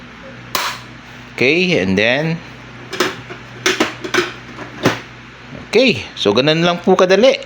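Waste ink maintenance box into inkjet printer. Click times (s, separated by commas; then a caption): 0.5 s. A plastic waste ink maintenance box is slid to the right into an Epson L3310 inkjet printer until it locks, and its lock is then engaged. A single sharp plastic snap is heard at about 0.6 s, followed by a few lighter knocks while someone talks. The maintenance box lock snaps closed and the box is seated.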